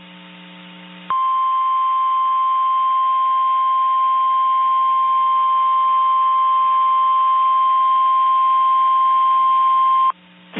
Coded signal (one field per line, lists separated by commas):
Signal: Emergency Alert System (SAME) tones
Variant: 1050 Hz attention tone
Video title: Severe Thunderstorm Watch | EAS #414